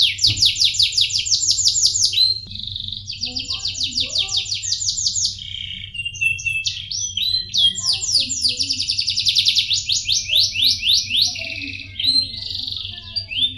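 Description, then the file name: Canary song: long, fast rolling trills and buzzy chattering phrases, high-pitched, shifting tone every few seconds, with a steady low hum underneath. Kept canary, Indonesian song style called nagasari. "audio kenari nagasari milik jrc halim"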